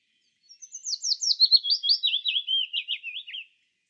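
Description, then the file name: Willow warbler singing one gentle cascading phrase of slurred whistles that gradually descends in pitch and trails off after roughly three seconds; nothing else audible. "peter boesman. fitis zang"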